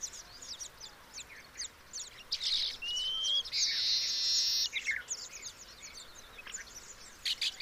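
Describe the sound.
Baya weaver chatter of rapid high chirps, broken by a long wheezy buzz in the middle before the chirping resumes.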